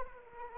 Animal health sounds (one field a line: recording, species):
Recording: mosquito wingbeat signal from an infrared sensor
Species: Anopheles arabiensis